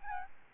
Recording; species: mosquito wingbeat signal from an infrared sensor; Aedes albopictus